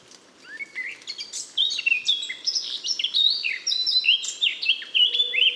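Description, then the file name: Eurasian blackcap song: a fast chattering warble building into clear, loud fluty whistles, with a low hum in the background. "Sylvia atricapilla"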